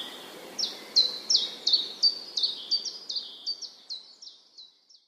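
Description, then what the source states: Common chiffchaff song of crisp high chiff-chaff notes repeated roughly three per second, gradually growing quieter until the phrase fades out. Recorded 16 April 2011.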